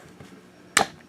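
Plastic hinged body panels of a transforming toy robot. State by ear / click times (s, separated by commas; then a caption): seated / 0.8 s. Plastic hinged body panels of a Transformers Generations Beast Wars Rhinox toy robot are plugged together on a double hinge after the bottom jaw is rotated. After a quiet stretch with a faint tap near 0.2 s, a sharp, bright snap sounds at 0.8 s as the parts seat into place.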